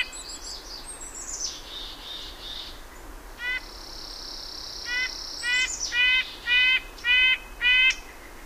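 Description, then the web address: Red-breasted nuthatch repeating nasal, reedy notes, seven in all, the last six in quick even succession, after high twittering and alongside a long thin whistle from other birds. "Know Your Bird Sounds Common Western Species. Red-breasted Nuthatch"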